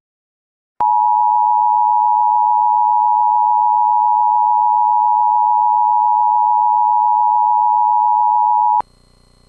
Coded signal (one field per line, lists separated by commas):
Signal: Emergency Alert System (SAME) tones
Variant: 853 and 960 Hz attention tone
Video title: EAS - AMBER Alert issued in North Carolina